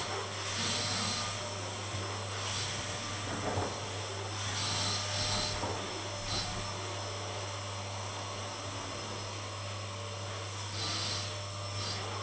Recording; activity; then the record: daily activity, microphone in the room; vacuum cleaning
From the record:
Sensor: 4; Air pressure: 1000.9 hPa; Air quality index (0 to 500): 138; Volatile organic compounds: 2 ppm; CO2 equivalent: 1024 ppm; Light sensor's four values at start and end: 27/66/27/29 and 28/67/28/30